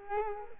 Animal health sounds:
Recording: mosquito wingbeat signal from an infrared sensor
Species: Culex quinquefasciatus

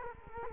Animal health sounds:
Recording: mosquito wingbeat signal from an infrared sensor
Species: Culex quinquefasciatus

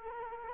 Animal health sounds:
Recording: mosquito wingbeat signal from an infrared sensor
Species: Culex quinquefasciatus

